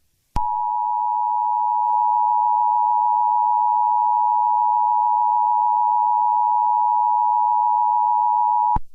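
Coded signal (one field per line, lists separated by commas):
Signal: Emergency Alert System (SAME) tones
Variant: 853 and 960 Hz attention tone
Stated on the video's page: Mock EAS alert.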